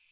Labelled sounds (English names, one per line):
American Redstart flight call